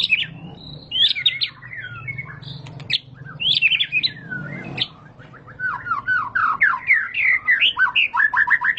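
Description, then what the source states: White-rumped shama song in bursts of sweeping, swooping whistles and sharp notes separated by pauses, ending in a quick series of downslurred chirps; a low hum under the first five seconds. Lure song for training caged birds, used as a master song for other birds to learn.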